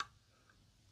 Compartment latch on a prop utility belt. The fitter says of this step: click open oh very cool